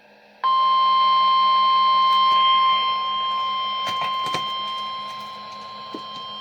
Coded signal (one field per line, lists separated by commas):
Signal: Emergency Alert System (SAME) tones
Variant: 1050 Hz attention tone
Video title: Another Big Milestone! 7/29/20 & 7/30/20 Compilation EAS #385 - 400!